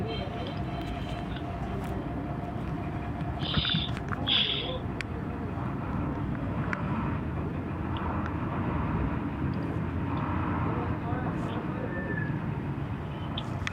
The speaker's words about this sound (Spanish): Pero tiene fuegos ahí, mira. Ah, no, son aves, ¿no?